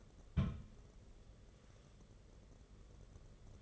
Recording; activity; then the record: daily activity, microphone in the room; place on stove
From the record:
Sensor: 4